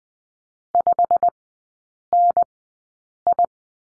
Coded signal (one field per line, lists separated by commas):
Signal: Morse code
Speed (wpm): 20 wpm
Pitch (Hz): 700 Hz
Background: none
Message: 5NI